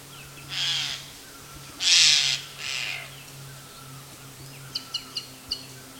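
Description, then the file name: Eurasian jay rasping screech calls, three broad noisy bursts in quick succession, followed by a few sharp clicks, with low steady hum beneath. "Garrulus glandarius"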